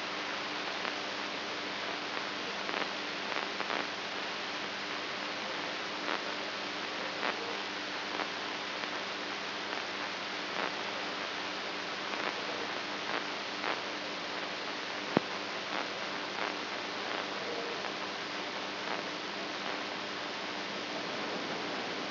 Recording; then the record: brain microelectrode recording played as sound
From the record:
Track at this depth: outside the subthalamic nucleus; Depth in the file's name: 6.706 mm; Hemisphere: right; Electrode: 2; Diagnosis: Parkinson's disease